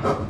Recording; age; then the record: pig call; growing-finishing pig (85 days or more)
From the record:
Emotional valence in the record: positive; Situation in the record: run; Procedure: transit